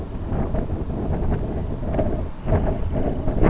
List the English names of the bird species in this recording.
Semipalmated Sandpiper